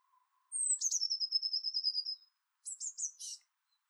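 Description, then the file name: Eurasian blue tit with one high thin note falling into a long, rapid trill, followed by a short burst of a few scratchy, chattering notes. "Cyanistes caeruleus"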